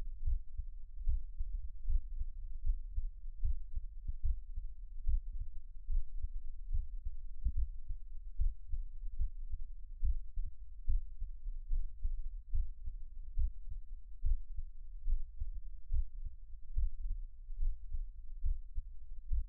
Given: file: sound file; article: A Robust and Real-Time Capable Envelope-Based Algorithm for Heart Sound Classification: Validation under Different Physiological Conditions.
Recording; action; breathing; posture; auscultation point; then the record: heart sounds by electronic stethoscope; rest; normal; sitting; Erb’s point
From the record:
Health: healthy, no known heart disease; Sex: male